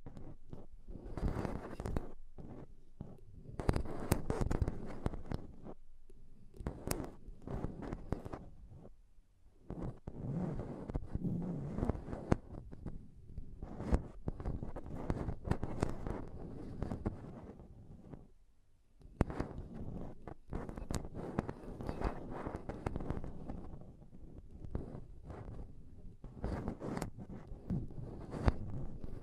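Dense bursts of microphone tapping and scratching come in uneven clusters with short gaps, mostly low and thumpy with bright crackling edges.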